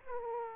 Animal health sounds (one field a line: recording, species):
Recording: mosquito wingbeat signal from an infrared sensor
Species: Aedes aegypti